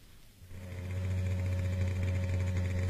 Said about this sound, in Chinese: 在深夜寂静的街上，一辆摩托车飞速地穿过大街小巷，停在田海家的门口。